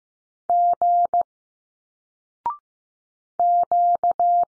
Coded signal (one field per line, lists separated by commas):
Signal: Morse code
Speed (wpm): 15 wpm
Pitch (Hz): 700 Hz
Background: none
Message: G Q